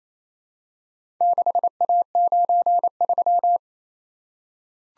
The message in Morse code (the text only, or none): 6A93